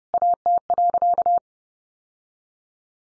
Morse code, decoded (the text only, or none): AT.